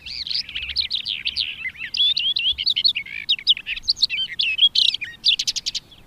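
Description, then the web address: Barred warbler song: a fast, scratchy warble of chattering notes and short whistles, ending with a few harsh rattled notes. "agykontroll Madardalok Cd 2. Karvalyposzáta"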